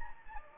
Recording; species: mosquito wingbeat signal from an infrared sensor; Anopheles gambiae